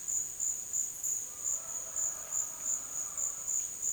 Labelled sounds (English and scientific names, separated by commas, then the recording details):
none
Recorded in dense forest near Puerto Asís, Putumayo, Colombia, on 22 June 2025 at 13:00
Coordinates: 0.484, -76.325
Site H65